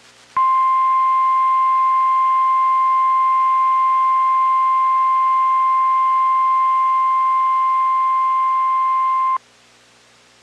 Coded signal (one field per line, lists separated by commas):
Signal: Emergency Alert System (SAME) tones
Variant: 1050 Hz attention tone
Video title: (LEGIT CRAZINESS 2) EAS Alerts from 3/4/25